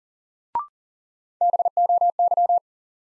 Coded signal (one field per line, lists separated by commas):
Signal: Morse code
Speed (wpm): 39 wpm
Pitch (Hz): 700 Hz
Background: none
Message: BOY